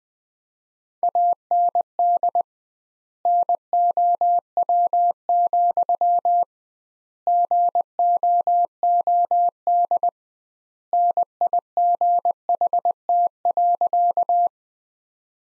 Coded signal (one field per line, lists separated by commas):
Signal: Morse code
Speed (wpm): 20 wpm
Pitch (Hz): 700 Hz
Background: none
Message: AND NOW, GOOD NIGHT.